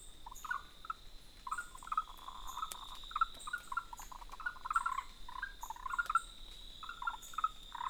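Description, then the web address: Frog calling in rapid clustered bursts of short notes over a continuous high-pitched hum and occasional higher chirps. Recorded 3 June 2018. "frog 20180603"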